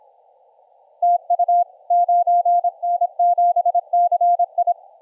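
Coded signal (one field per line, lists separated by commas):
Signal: Morse code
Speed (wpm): 26 wpm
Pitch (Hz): 700 Hz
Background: none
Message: TU 9N7CI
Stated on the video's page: 15m CW DX contact.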